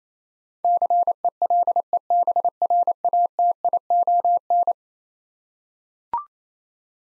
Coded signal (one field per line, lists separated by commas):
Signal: Morse code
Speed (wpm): 27 wpm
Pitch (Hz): 700 Hz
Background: none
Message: CELEBRATION